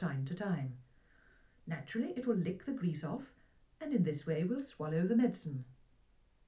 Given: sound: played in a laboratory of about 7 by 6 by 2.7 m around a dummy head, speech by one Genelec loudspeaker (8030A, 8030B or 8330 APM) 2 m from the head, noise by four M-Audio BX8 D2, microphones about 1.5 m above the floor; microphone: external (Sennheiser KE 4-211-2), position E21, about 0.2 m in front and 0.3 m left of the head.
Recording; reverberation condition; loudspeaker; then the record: female speech in English; low; behind (180 degrees)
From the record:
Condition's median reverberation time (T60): about 310 ms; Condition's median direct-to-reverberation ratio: about 3.5 dB